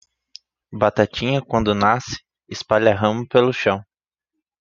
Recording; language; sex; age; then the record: short text; Brazilian Portuguese; male; 20 to 29 years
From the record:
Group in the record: control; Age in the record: 23 years